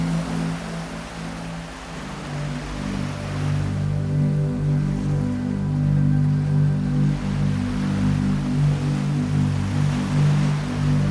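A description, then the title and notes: Ocean waves blend with 17Hz binaural beats. Several steady low tones hum underneath throughout, shifting slightly in pitch, while a soft hiss of surf swells and recedes, thinning out briefly around the middle before washing back in. A blend of ocean waves and 17Hz frequency binaural beats.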